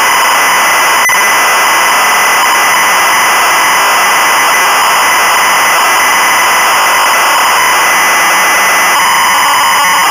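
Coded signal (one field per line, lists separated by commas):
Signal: ZX Spectrum tape loading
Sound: continuous harsh, buzzy screech of data tones, steady throughout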